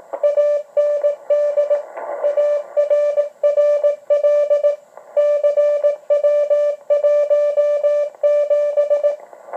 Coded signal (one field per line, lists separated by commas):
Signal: Morse code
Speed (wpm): 17 wpm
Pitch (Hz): 590 Hz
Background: none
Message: AND ARRL CW17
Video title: W1AW Cw practice